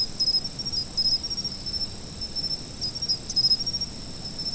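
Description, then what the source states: Insects keep up a continuous shrill trill, broken by short clusters of sharper chirps near the start and around three seconds. Autumn insects.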